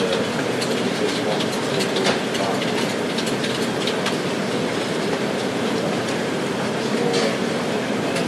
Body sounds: background sound without coughing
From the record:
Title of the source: Office Sounds Ambience - Background Noise for Study and Work

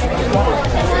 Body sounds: background sound without coughing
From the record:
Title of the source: Nightlife Party Simulating Party Club Noise 1 Hour

